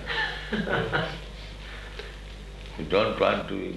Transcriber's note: devotees laugh